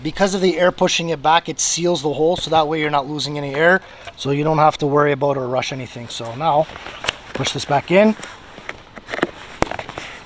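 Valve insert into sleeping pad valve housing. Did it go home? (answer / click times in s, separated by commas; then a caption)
yes / 9.6 s. Someone talks while pushing the valve insert back into the valve housing of a Mec Reactor 10 Double air sleeping pad, whose diaphragm seals the hole against escaping air. The insert snaps into place with a sharp pop at 9.6 s, among a few small clicks between 8.7 and 9.8 s, and the insert is seated.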